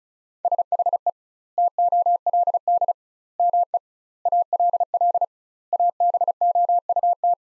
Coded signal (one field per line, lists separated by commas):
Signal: Morse code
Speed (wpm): 34 wpm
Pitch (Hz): 700 Hz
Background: none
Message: SHE TOLD ME ALL ABOUT